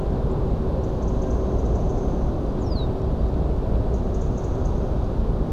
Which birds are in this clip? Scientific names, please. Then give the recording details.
Turdus philomelos, Erithacus rubecula, Emberiza schoeniclus. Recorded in France